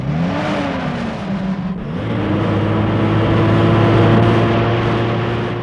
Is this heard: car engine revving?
yes